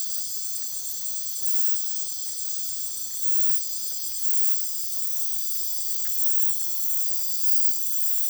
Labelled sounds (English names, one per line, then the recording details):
none
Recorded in dense forest near Puerto Asís, Putumayo, Colombia, on 18 February 2024 at 00:00
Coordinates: 0.505, -76.324
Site G6467